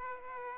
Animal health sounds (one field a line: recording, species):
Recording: mosquito wingbeat signal from an infrared sensor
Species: Aedes aegypti